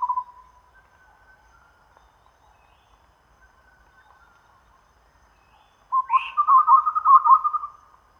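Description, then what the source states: Chestnut-rumped babbler: a brief low note at the start, long quiet, then a bubbling low trill with a higher note. Recorded at Danum on 1 April 2006.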